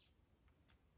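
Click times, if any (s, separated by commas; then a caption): 0.7 s. A mechanic presses the internal part of a Shimano thru-axle bicycle rear hub (the axle or bearing assembly) by hand into the hub shell from the rotor side during hub maintenance. A single soft hit is heard at 0.7 s at the end of the push, and the part seats in place.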